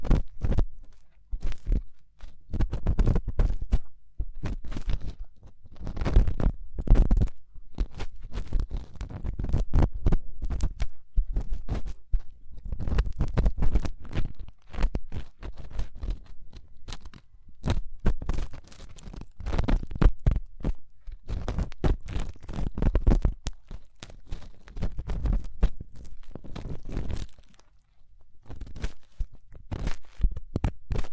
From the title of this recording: Fast & Intense Ear Cleaning